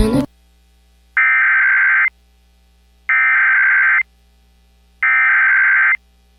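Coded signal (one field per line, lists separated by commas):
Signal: Emergency Alert System (SAME) tones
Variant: header bursts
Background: speech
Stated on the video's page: AMBER Alert (Child Abduction Emergency) relayed by an FM station, recorded from its online live stream.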